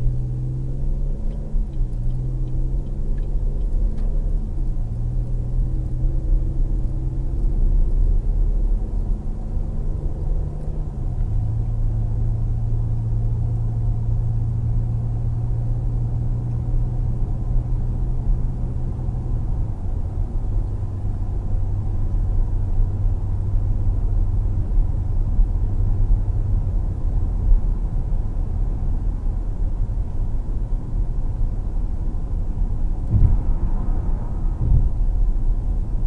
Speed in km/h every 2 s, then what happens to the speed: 47, 58, 66, 74, 82, 89, 92, 95, 100, 103, 105, 106, 108, 109, 109, 109, 106, 105.
0-25 speeds up to 109.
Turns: none.